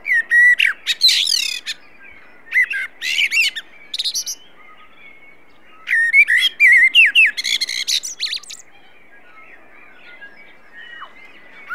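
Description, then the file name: Common blackbird with two loud warbling phrases, flute-like notes running into squeaky, jumbled high twitters, then a quieter stretch with faint thin whistles. "Turdus merula"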